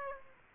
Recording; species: mosquito wingbeat signal from an infrared sensor; Aedes aegypti